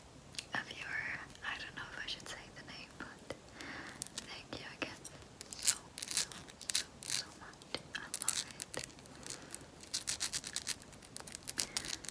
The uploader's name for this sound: SCRATCHING MY RINGS TEXTURED SCRATCHING